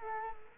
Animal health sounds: mosquito wingbeat signal from an infrared sensor; Culex quinquefasciatus

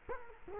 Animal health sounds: mosquito wingbeat signal from an infrared sensor; Culex quinquefasciatus

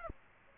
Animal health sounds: mosquito wingbeat signal from an infrared sensor; Aedes aegypti

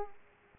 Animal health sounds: mosquito wingbeat signal from an infrared sensor; Culex pipiens

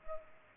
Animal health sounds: mosquito wingbeat signal from an infrared sensor; Culex pipiens

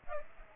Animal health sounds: mosquito wingbeat signal from an infrared sensor; Aedes aegypti

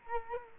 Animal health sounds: mosquito wingbeat signal from an infrared sensor; Culex quinquefasciatus

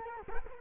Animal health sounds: mosquito wingbeat signal from an infrared sensor; Culex quinquefasciatus

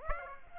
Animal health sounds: mosquito wingbeat signal from an infrared sensor; Aedes aegypti

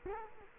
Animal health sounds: mosquito wingbeat signal from an infrared sensor; Culex quinquefasciatus

